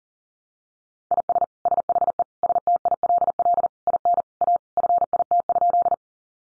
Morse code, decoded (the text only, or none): IS SHE STILL IN A FIT?